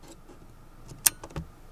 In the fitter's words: till you hear a click and the lever secures itself.